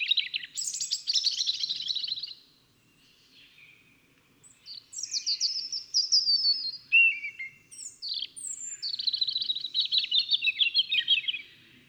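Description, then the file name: European robin song, long varied sequence of high sliding whistles, thin notes and fast trills, with a short lull and faint low rumble underneath. "Erithacus rubecula"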